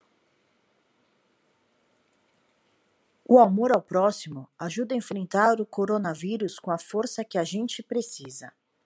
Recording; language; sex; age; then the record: spoken sentence; Brazilian Portuguese; female; 40 to 49 years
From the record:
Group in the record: control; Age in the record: 43 years